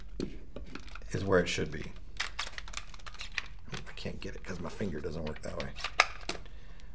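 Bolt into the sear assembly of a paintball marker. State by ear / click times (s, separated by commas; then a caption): seated / 6.3 s. After the spring goes back in, the bolt of a paintball marker is pushed back into the body while someone talks and struggles to get a finger in place. At 6.3 s a sharp click is heard as the bolt snaps onto the sear assembly, and it is seated.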